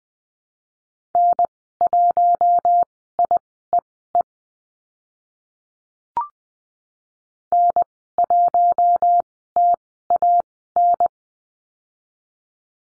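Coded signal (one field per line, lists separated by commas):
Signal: Morse code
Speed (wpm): 20 wpm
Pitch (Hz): 700 Hz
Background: none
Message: N1IEE N1TAN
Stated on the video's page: Morse code course lesson on numbers and call signs at Farnsworth speed 20/10 WPM.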